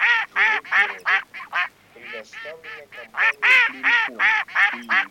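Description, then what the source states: Mallard quacking, a long series of harsh quacks, about three per second, with a quieter stretch midway before another loud run. Recorded for an electronic decoy caller chip used to attract ducks.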